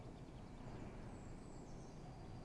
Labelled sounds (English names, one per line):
Eurasian Blue Tit